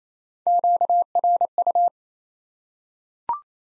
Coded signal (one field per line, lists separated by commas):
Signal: Morse code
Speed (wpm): 28 wpm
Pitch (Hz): 700 Hz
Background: none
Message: QRU